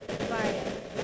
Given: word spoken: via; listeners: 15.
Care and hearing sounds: one English word in noise, from a listening test; noise modulated by three-talker babble; -5.0 dB; 1 of 15; 13 of 15; 0.63 s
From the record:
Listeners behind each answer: 13, 1, 1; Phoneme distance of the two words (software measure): 10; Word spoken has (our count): 2 syllables, 3 phonemes, stress on syllable 1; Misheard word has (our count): 2 syllables, 3 phonemes, stress on syllable 1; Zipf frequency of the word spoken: 4.12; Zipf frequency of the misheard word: 5.18

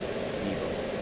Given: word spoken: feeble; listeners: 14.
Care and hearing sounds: one English word in noise, from a listening test; speech-shaped noise; -6.5 dB; 0 of 14; 10 of 14; 0.62 s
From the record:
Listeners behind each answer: 10, 1, 1, 1, 1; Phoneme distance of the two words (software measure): 17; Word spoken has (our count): 2 syllables, 4 phonemes, stress on syllable 1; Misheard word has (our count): 2 syllables, 3 phonemes, stress on syllable 1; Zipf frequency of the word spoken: 3.16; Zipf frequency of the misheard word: 4.45

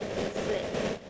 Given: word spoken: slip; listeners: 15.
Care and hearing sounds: one English word in noise, from a listening test; noise modulated by three-talker babble; -7.0 dB; 2 of 15; 6 of 15; 0.70 s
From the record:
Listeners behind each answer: 6, 3, 2, 1, 1, 1, 1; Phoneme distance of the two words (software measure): 17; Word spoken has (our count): 1 syllable, 4 phonemes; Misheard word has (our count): 1 syllable, 5 phonemes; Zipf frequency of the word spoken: 4.33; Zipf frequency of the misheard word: 4.63

